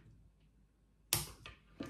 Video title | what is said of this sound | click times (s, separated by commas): MSR WHISPERLITE UNIVERSAL. How to use MSR’s Dual Fuel Outdoor Hiking Stove Tips n Tricks | that it clicks into place like | 1.1 s